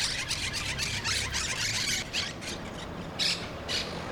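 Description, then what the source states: Parrots calling in rapid runs of harsh squawks, then a few separate louder squawks toward the end. Recorded in Brooklyn.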